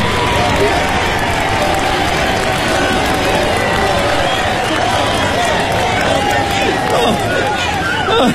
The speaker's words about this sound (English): Let's have a huge round of applause for Captain Obler and our sponsors, Obler Air.